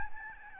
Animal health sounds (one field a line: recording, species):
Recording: mosquito wingbeat signal from an infrared sensor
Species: Aedes albopictus